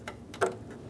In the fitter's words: continue on to your marker assembly slide that in listen for a click